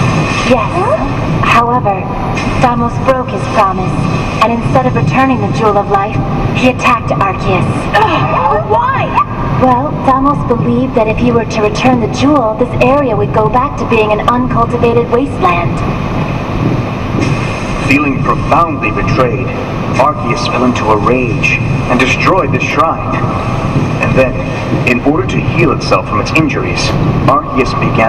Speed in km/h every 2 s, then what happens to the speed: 112, 112, 112, 112, 112, 112, 112, 112, 112, 112, 112, 113, 113, 114.
0-28 steady at about 112.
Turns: none.